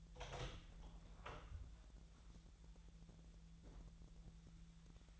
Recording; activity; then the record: daily activity, microphone in the room; open door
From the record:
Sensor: 3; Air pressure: 1001.3 hPa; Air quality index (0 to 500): 249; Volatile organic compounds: 167 ppm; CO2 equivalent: 4093 ppm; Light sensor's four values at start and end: 12/28/12/11 and 12/29/12/12